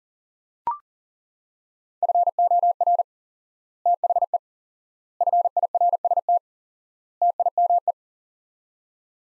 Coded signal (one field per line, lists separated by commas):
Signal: Morse code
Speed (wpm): 37 wpm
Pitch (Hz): 700 Hz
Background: none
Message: FOR THE FIRST TIME